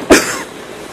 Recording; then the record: coughing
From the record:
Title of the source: 34 coughing up crap again